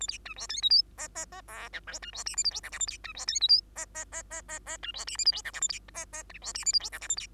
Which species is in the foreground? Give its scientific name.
Lonchura striata domestica